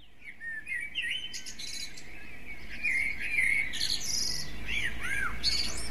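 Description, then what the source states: Common blackbird song: mellow fluted warbles with swooping notes, phrases ending in thin, high twitters, over steady background noise. Recording device: MZ-N 710.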